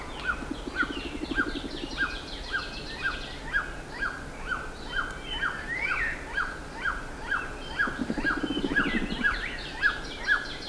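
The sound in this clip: Bird calls, a short note repeated rapidly throughout, with higher chirps from other birds and two low rattling bursts near the start and end.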